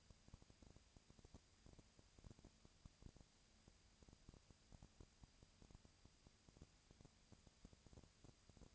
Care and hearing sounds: daily activity, microphone in the room; no activity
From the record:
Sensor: 2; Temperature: 20.1 degrees Celsius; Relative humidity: 35.5%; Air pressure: 997.0 hPa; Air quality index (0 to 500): 197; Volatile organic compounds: 30 ppm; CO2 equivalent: 2958 ppm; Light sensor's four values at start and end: 2/3/2/2 and 2/3/2/2

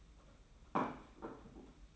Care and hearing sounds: daily activity, microphone in the room; place plate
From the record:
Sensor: 1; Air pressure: 991.8 hPa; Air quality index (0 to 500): 165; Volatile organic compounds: 1000 ppm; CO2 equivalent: 6223 ppm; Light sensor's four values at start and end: 28/97/37/38 and 28/97/37/38

